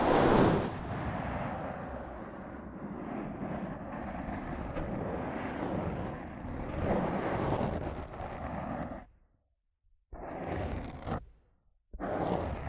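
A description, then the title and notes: Rough scratching and brushing on a microphone, a dense, rumbling rasp that runs continuously for about nine seconds after a loud opening burst. It then breaks into short bursts separated by complete silences, resuming briefly near the end. ASMR Rough Mic Scratching & Brushing (No Talking).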